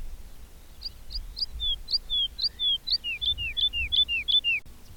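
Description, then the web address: Bird giving a slow series of high chirps, then drawn-out descending whistles alternating with sharp notes, getting louder toward the end; faint low noise. "madarak enek"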